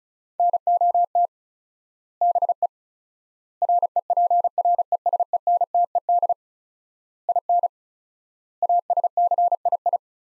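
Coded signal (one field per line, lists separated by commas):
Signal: Morse code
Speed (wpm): 34 wpm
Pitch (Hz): 700 Hz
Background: none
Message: NOT BE REPRESENTED IN ASCII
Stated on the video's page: Morse practice sets of five words at 35 wpm with 4x word spacing, a word-based Farnsworth-like method for head-copying phrases.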